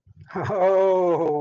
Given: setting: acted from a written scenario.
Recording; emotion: vocal sound without words; adoration